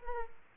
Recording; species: mosquito wingbeat signal from an infrared sensor; Aedes aegypti